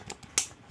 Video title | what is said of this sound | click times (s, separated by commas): Backcountry Water filtration:Gear Review! | little attachment on my Sawyer just snaps right in and then bam you are filtering four | 0.4 s